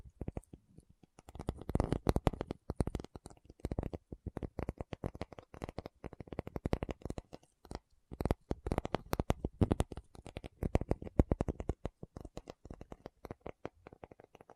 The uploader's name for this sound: Tapping Session (No Talking)